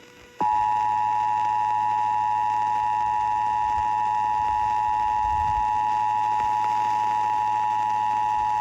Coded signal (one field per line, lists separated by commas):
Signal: Emergency Alert System (SAME) tones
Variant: 853 and 960 Hz attention tone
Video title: Texas Required Monthly Tests for October 2022 (EAS #226-234)